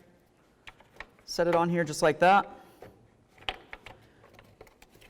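A new intake manifold gasket for a 1999-2007 Chevy Silverado is set onto the manifold port, with its small plastic retaining clip lined up for the port groove. Someone talks while light handling ticks and taps sound around 1.0 s and between 3.5 and 4.8 s. Nothing has seated or clicked yet.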